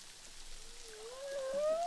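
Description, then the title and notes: Humpback whale song unit, a long tonal moan rising slowly from low to higher pitch, with faint harmonics above and soft underwater hiss. Humpback whales recorded underwater with a DPA hydrophone at Boucan Canot, Réunion Island, during a film shoot. "humpback whales, boucan canot, ile de la reunion. enregistré avec un hydrophone DPA lors du tournage SIGNATURE"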